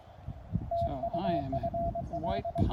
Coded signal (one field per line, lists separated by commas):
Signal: Morse code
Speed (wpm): 22 wpm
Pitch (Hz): 680 Hz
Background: speech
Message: TU FL